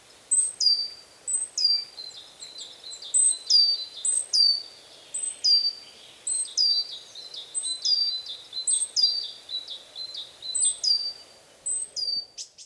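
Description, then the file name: Great tit calls repeated steadily throughout, each a high whistle dropping sharply to a lower note, in quick series over faint hiss. "Parus major"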